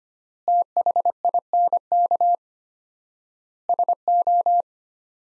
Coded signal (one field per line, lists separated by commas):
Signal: Morse code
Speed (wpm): 25 wpm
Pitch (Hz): 700 Hz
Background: none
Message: THINK SO